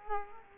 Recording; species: mosquito wingbeat signal from an infrared sensor; Culex quinquefasciatus